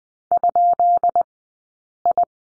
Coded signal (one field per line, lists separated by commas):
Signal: Morse code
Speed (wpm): 20 wpm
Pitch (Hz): 700 Hz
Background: none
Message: ?I